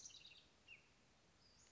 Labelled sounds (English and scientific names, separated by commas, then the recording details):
Western Flycatcher (Empidonax difficilis)
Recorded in Sonoma County, California